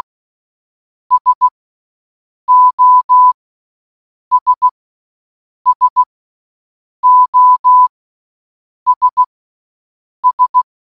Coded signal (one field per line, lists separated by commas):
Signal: Morse code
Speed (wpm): 16 wpm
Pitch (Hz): 1000 Hz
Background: none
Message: SOS SOS S